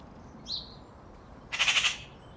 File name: Pica pica